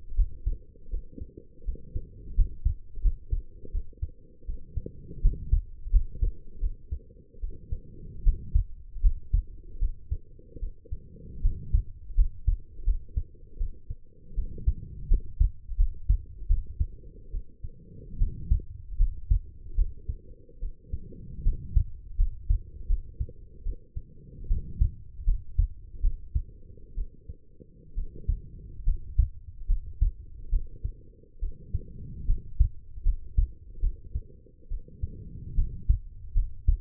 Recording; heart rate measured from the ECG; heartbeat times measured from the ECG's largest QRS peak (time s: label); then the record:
heart sounds by stethoscope; 76 bpm
0.17 s: heartbeat
0.91 s: heartbeat
1.65 s: heartbeat
2.36 s: heartbeat
3.03 s: heartbeat
3.72 s: heartbeat
4.46 s: heartbeat
5.22 s: heartbeat
5.92 s: heartbeat
6.61 s: heartbeat
7.41 s: heartbeat
8.24 s: heartbeat
9.02 s: heartbeat
9.79 s: heartbeat
10.60 s: heartbeat
11.42 s: heartbeat
12.16 s: heartbeat
12.85 s: heartbeat
13.58 s: heartbeat
14.35 s: heartbeat
15.09 s: heartbeat
15.77 s: heartbeat
16.48 s: heartbeat
17.31 s: heartbeat
18.18 s: heartbeat
18.98 s: heartbeat
19.76 s: heartbeat
20.60 s: heartbeat
21.44 s: heartbeat
22.17 s: heartbeat
22.87 s: heartbeat
23.63 s: heartbeat
24.48 s: heartbeat
25.25 s: heartbeat
26.01 s: heartbeat
26.95 s: heartbeat
27.95 s: heartbeat
28.84 s: heartbeat
29.67 s: heartbeat
30.50 s: heartbeat
31.40 s: heartbeat
32.26 s: heartbeat
33.03 s: heartbeat
33.80 s: heartbeat
34.68 s: heartbeat
35.55 s: heartbeat
36.33 s: heartbeat
From the record:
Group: healthy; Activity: rest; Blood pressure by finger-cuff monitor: 112/75 mmHg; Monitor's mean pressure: 86 mmHg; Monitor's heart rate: 77 bpm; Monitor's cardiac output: 5.9 L/min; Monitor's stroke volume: 77 mL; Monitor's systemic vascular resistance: 1080 dyn s/cm5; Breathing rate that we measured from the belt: 18 breaths a minute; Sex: female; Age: 23 years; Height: 160 cm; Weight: 50.4 kg